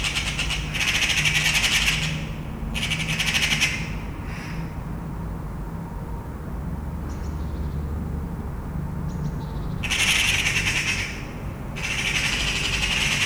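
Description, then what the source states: Eurasian magpie rattles repeatedly: several loud, dry chattering bursts separated by pauses, set against continuous traffic rumble. Magpies chattering in a town, out in nature.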